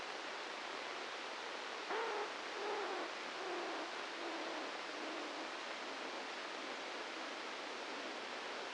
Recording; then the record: brain microelectrode recording played as sound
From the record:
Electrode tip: inside the subthalamic nucleus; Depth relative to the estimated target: 0 mm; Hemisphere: right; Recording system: NeuroSet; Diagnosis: Parkinson's disease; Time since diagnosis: 13 years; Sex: male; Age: 66 years